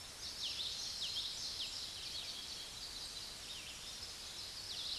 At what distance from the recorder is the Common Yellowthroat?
about 55 m